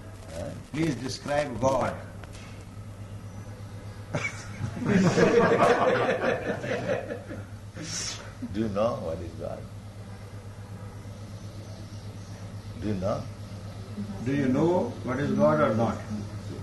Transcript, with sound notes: Please describe God. [laughter]
Do you know what is God? Do you know?
Do you know what is God or not?